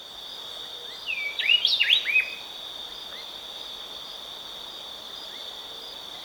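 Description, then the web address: Speckle-breasted wren, one short phrase of quick slurred whistles about a second long, then only a steady high insect drone. Recorded in Ecuador. "Birds of Ecuador Speckle-breasted Wren"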